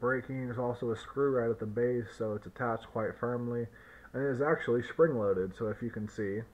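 Someone talks while handling the spring-loaded cigar punch of a Bugatti B-2002 dual torch lighter, which is being pulled out of its housing in the metal lighter body. Only speech is heard, and the punch has not yet seated or clicked back into place.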